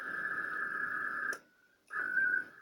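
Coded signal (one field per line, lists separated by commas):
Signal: HF data modem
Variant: ARDOP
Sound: rough buzzing hiss around 1.5 kHz, a half-second pause, then more hiss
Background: radio static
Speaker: I'm sending a checksum right now. It's really hard to read, but that's what it says down there.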